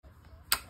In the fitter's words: हे लॉक झालं आता हे निघणार नाही ओके